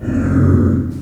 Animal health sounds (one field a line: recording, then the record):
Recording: squeal of a Yucatan mini pig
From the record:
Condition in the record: after surgery on the right vocal fold (resection and tissue-engineered implant)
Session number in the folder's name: 7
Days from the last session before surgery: 47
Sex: female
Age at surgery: 19 weeks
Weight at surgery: 25 kg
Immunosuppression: prednisolone